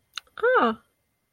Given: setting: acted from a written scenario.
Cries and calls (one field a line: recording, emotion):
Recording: vocal sound without words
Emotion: interest